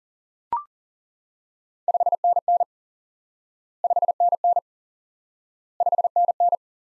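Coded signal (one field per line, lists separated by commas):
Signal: Morse code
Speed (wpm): 37 wpm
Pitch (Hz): 700 Hz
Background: none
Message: 5NN 5NN 5NN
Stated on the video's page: Morse lesson drilling the single QSO element "5NN" repeatedly for instant word recognition practice.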